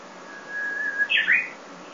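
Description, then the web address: Japanese bush warbler song: a long, steady whistled note that breaks into a quick, bright warbled flourish near the end. Recorded 12 May 2016. "kiracladays. uguisu 160512"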